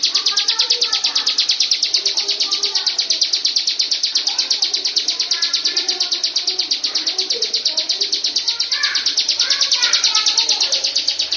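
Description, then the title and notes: Prinia song: a fast, steady run of high, sharp notes, unbroken throughout. Full, continuous song including the rolling song style called ngerol. "Suara Kicau Burung Prenjak Lengkap dan Ngerol"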